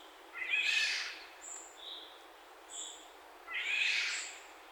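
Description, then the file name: Northern goshawk uttering two rasping, screechy calls about three seconds apart, with thin high whistles between them. Juvenile, recorded in Poland on 23 June 2014. "piotr szczypinski. accgent-juv poland"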